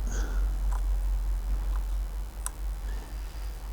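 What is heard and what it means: A handlebar stem bolt is turned backwards in a bicycle stem faceplate until its thread drops into the start of the thread, which prevents cross-threading before it is screwed in. A soft tick at 1.8 s is followed by a sharp, bright click at 2.5 s over a steady low hum. The bolt thread is seated in its start position.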